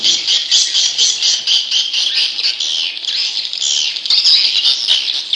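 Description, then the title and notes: Leafbird song: energetic stream of shrill chirps and squawky twitters in quick bursts, sustained from start to end. "CCKIJDaunKecil. Cucak Ijo"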